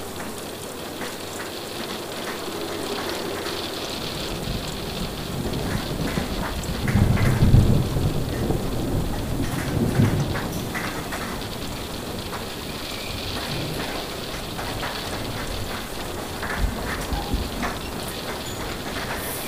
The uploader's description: the tranquil sounds of a train journey accompanied by the soothing symphony of rain and distant thunder